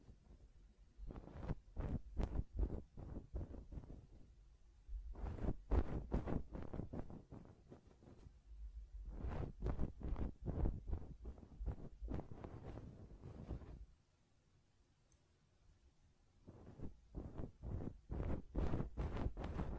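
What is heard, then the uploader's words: Ear cleaning and blowing: rapid bursts of scratchy rubbing and puffs, each a quick crackling stroke repeated many times in dense runs. The runs come in four groups, with a short lull around the fourteen-second mark, and a low rumble fills the busiest moments. ASMR Ear Cleaning and Blowing (No Talking).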